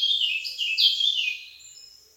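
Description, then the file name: Eurasian blackcap song, a rapid rich warble of tumbling high notes that fades away toward the end. "Sylvia atricapilla"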